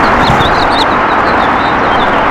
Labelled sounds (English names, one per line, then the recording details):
House Finch song
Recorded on Long Island, New York, on 14 June 2012
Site CH
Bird A